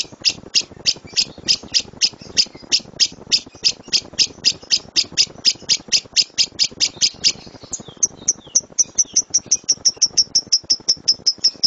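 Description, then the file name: Lovebird song: a long, steady train of shrill, high chirps, about four each second, speeding into a faster, thinner trill toward the end. "lovebird dora milik jnj omkicau"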